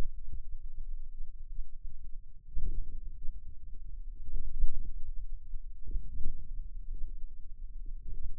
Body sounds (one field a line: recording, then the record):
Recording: forearm muscle sounds (acoustic myography)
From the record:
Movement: wrist extension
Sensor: system 2, bracelet of six BSWA MPA416 microphones around the upper forearm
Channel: 5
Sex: male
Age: 22 years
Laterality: right